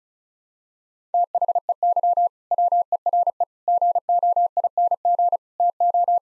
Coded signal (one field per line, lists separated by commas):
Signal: Morse code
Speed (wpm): 36 wpm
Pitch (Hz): 700 Hz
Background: none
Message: THEY WERE GOING TO